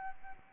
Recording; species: mosquito wingbeat signal from an infrared sensor; Aedes albopictus